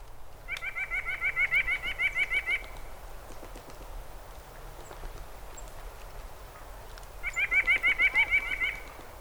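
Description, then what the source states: White-breasted Nuthatch calling, two bursts of rapid, evenly repeated nasal notes separated by a long pause. Common nuthatch of the Ozarks, found throughout woods, towns and forests; population doing well.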